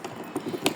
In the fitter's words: ले जी ये लॉक हो गया इसके साथ फिट फर्स्ट क्लास।